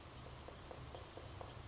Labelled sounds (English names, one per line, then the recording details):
Blue-gray Gnatcatcher
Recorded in Sonoma County, California